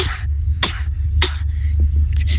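About four short, sharp cough bursts spaced irregularly over two seconds, the last one softer, over a steady low hum. A child coughing on purpose, a deliberate imitation rather than an illness cough.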